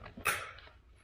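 The second end of an oil separator breather pipe on an Audi A6 2.0 TFSI engine is pressed firmly onto its port until its quick connector gives one sharp click at 0.3 s, the loudest hit in the clip, with fainter ticks around it. The connector seats and the fitting is confirmed done.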